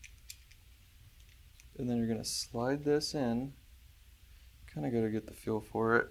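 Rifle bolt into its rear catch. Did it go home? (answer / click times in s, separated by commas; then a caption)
yes / 0.3 s. The bolt of an Umarex Origin PCP air rifle is pulled back into its rear catch, giving short metallic clicks, and it catches at 0.3 s. Someone then talks.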